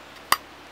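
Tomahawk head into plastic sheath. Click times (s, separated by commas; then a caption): 0.3 s. The head of a CRKT Rune tomahawk (RMJ Tactical Rune Axe) is pushed into its plastic sheath, which has a snap closure. A single sharp snap is heard at 0.3 s over a quiet background. The tomahawk snaps into place and is seated in the sheath.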